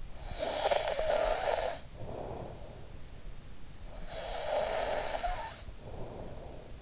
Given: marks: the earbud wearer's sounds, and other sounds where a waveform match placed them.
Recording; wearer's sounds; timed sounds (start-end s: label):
sounds in sleep by an in-ear microphone; snoring breath
0.02-2.82 s: snoring breath
3.91-6.82 s: snoring breath